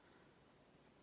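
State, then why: Not seated. A USB charging cable is handled at the charging port of a small aluminum LED desk lamp, with a brief sharp tick at about 0.1 s over low rustling. Nothing has seated or clicked yet; the cable is not yet home.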